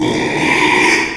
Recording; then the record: squeal of a Yucatan mini pig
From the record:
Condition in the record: after surgery on the right vocal fold (resection and tissue-engineered implant); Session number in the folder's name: 1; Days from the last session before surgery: 6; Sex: male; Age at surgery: 12 weeks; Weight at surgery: 13 kg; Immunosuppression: cyclosporine, prednisolone